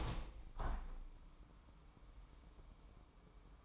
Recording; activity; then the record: daily activity, microphone in the room; open window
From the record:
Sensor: 1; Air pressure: 998.6 hPa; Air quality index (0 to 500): 139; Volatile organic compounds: 4 ppm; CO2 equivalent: 1670 ppm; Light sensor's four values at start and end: 11/26/11/13 and 11/27/11/13